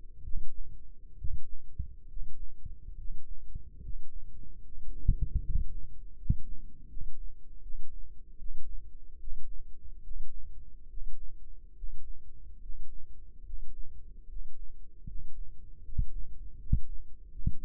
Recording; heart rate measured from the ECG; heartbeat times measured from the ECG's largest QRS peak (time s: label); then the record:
heart sounds by microphone in the left ear; 74 bpm
0.21 s: heartbeat
1.15 s: heartbeat
2.06 s: heartbeat
2.95 s: heartbeat
3.80 s: heartbeat
4.62 s: heartbeat
5.41 s: heartbeat
6.14 s: heartbeat
6.87 s: heartbeat
7.60 s: heartbeat
8.36 s: heartbeat
9.18 s: heartbeat
10.01 s: heartbeat
10.87 s: heartbeat
11.74 s: heartbeat
12.59 s: heartbeat
13.43 s: heartbeat
14.26 s: heartbeat
15.05 s: heartbeat
15.82 s: heartbeat
16.56 s: heartbeat
17.29 s: heartbeat
From the record:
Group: healthy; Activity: rest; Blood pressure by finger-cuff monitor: 103/72 mmHg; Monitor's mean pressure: 80 mmHg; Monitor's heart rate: 72 bpm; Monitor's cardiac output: 5.8 L/min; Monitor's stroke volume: 79 mL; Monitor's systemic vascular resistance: 1020 dyn s/cm5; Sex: male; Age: 35 years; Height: 180 cm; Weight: 86.9 kg